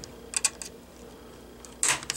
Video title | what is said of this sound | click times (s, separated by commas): ASUS GL552V Laptop Screen Replacement Procedure | like so. That's when you hear it snap it out. | 1.8 s